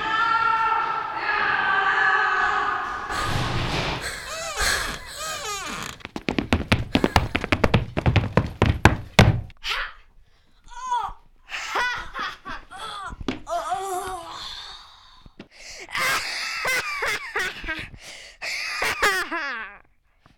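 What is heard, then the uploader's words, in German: A story told only through sounds, without dialogue. It opens with a humming, tonal texture, then turns into a rapid run of sharp knocks and thumps around seconds 6 to 9. After that come scattered squeaks, chirps and vocal-like sounds. Drei kurze Hoerspiele, die eine Geschichte nur mit Geraeuschen, ohne Dialoge erzaehlen. Entstanden sind sie im August 2014 in einem Radiocamp, das Radio T gemeinsam mit der Jugendherberge Chemnitz "eins" durchgeführt hat.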